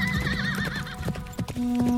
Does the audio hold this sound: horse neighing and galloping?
yes